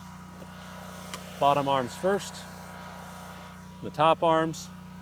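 Someone handles the folding arm latch on an agricultural spray drone frame while unfolding its arms, and talks over a steady low hum. The clip ends before the latch goes home, so nothing has seated or clicked yet.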